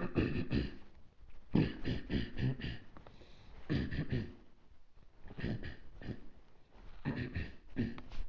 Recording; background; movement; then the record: throat clearing; quiet; sitting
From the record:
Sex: male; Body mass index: 23.7 kg/m2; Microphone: on the chest, facing outward